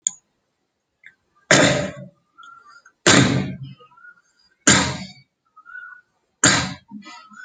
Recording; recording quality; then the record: shallow voluntary cough; excellent, no background noise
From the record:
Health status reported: healthy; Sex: male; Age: 27 years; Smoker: yes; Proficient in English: yes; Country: India